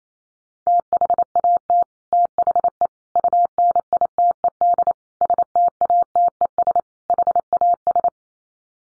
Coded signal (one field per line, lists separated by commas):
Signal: Morse code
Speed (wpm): 28 wpm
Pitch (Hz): 700 Hz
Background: none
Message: THAT THE UNITED STATES HAS